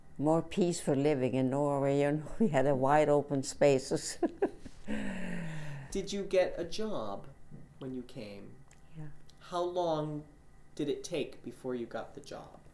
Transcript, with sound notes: More peaceful living in Norway, you know. We had the wide, open spaces. (she laughs)
Did you get a job when you came?
Yeah.
How long did it take before you got the job?